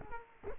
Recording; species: mosquito wingbeat signal from an infrared sensor; Culex quinquefasciatus